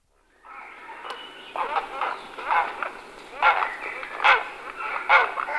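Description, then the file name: Grey heron chattering with rough, overlapping squawks that grow louder and come in irregular bursts roughly once a second. "volavka-popelavá"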